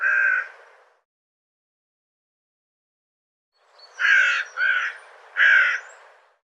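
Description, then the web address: Bird calls: one harsh cawing note, a pause of about three seconds, then three loud harsh caws in quick succession; background otherwise quiet. "cianscape birddata"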